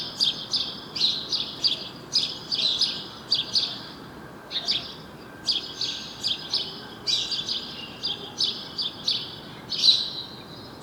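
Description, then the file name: House sparrow chirping calls, short bright chirps in quick bursts, some doubled or tripled, with brief pauses, over a steady low background hiss. "Passer domesticus"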